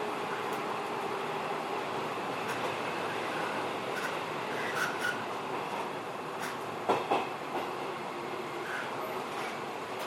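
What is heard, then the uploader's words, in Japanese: A JR 207 series train running between Kyobashi and Takarazuka: a steady, dense roar of wheels and motor with an even hiss over it. Faint tones rise briefly around five seconds, and a pair of sharp knocks lands near seven seconds. JR207系 京橋〜宝塚。JR東西線、宝塚線の区間で録音しました。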